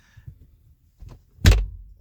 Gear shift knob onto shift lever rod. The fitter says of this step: Align it with the shift rod and simply press it down firmly until it clicks into place.